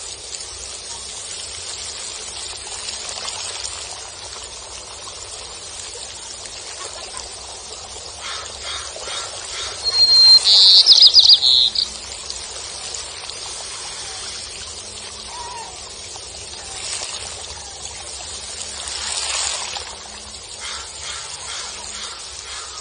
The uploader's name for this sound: Sea water beats on the beach accompanied by sea breeze, seagulls and birds chirping